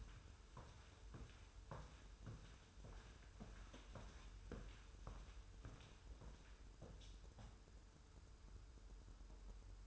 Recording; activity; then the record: daily activity, microphone in the room; walk to room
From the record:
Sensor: 2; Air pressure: 994.3 hPa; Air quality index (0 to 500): 207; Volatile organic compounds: 1000 ppm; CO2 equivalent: 6823 ppm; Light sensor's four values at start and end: 66/151/63/62 and 68/157/65/65